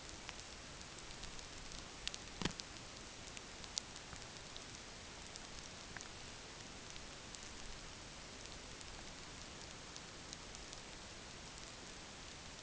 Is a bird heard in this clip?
no